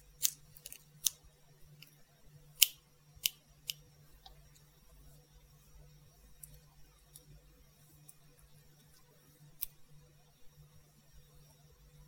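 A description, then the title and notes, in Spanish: Scissors snip during a haircut, with sharp metallic clicks clustered in quick bursts over the first four seconds, then spacing out to occasional single snips near 10 seconds. A steady low hum runs underneath throughout. Corte de cabello. Muchos sonido de tijeras.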